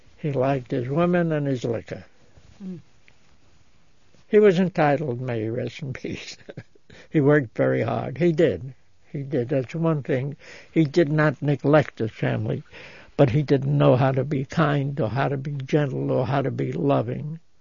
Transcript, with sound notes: He liked his women and his liquor. He was entitled, may he rest in peace. ( he laughs ) He worked very hard. He did, he did. That's one thing, he did not neglect his family, but he didn't know how to be kind or how to be gentle, or how to be loving.